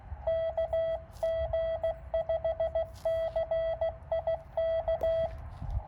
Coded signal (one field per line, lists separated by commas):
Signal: Morse code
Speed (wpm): 16 wpm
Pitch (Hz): 1950 Hz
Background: none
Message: KG5CIK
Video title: POTA QRP Cootie Activation: James Pate Philip State Park K-1001 10/28/2022 with KX2 and 9:1 Vertical